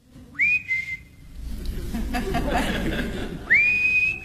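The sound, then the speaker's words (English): A person outside whistles two rising notes, each sliding up and holding a steady high tone, separated by a stretch of broad rustling noise. “Someone's whistling outside.”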